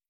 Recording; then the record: hydrophone in a shrimp aquaculture tank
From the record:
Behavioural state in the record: starved